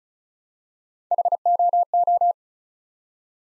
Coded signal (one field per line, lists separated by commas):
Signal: Morse code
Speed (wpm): 36 wpm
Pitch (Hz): 700 Hz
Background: none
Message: HOO